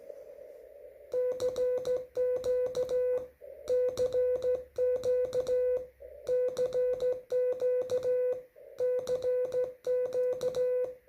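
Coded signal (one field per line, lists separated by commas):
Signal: Morse code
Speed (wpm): 14 wpm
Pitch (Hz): 500 Hz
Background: music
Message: CQ CQ CQ CQ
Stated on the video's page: Slow-speed CW contact, QRP.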